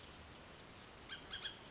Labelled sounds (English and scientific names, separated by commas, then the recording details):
Bullock's Oriole (Icterus bullockii)
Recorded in Sonoma County, California